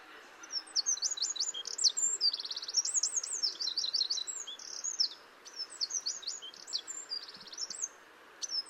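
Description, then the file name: Eurasian wren pouring out high, rapid songs of rattling trills and sharp chips, one long phrase followed by a shorter burst and the start of another, with faint background hiss. "Troglodytes troglodytes"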